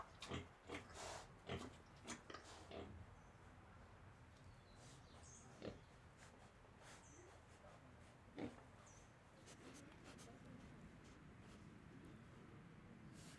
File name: Porquinhos respiracao com passaros e pessoas longe